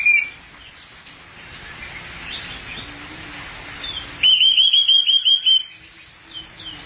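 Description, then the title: Thrush singing: a few scattered notes, then a loud rapid trilled phrase of repeated whistles. "burung anis x"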